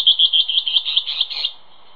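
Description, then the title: Band-tailed antbird song ending: a rapid series of high whistled notes, steady in pitch and pace before stopping, followed by quiet. "LuckyPassaro Completos2Sama. Band-tailed Antbird (Hypocnemoides maculicauda)"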